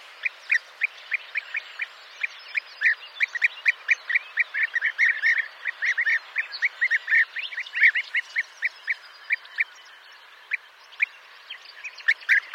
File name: Guepier d Europe